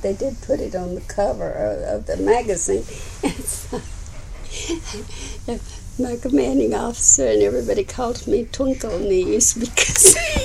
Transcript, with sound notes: But they did put it on the cover of the magazine. It's -- (laughs) my commanding officer and everybody called me "twinkle-knees" because